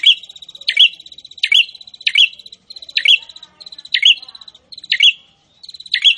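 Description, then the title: Prinia song: a steady rapid ticking trill punctuated by loud, piercing high notes about once a second. Prinia singing actively (gacor). "Prenjak gacor"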